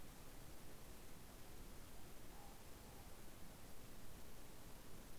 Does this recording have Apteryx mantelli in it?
no